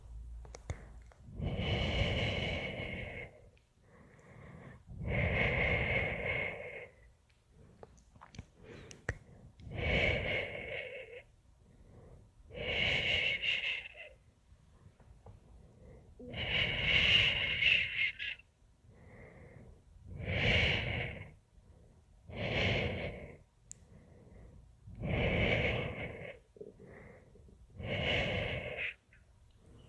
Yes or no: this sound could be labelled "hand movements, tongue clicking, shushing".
yes